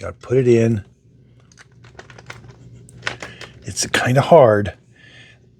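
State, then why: Not seated. Someone talks while the handle of a Tineco Floor One S9 Artist steam wet-dry vacuum floor cleaner, which carries an electrical connection and fits only one way, is worked into the top of the vacuum body. Light handling knocks and taps come between about 2.0 and 3.4 seconds. The handle is hard to insert and has not gone home yet; nothing has seated or clicked by the end of the clip.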